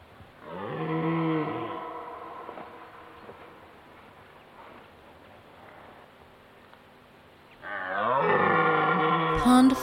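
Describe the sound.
Deer letting out a hoarse roar, a quiet gap of several seconds, then a second strong bellow cut off by a short sharp sound.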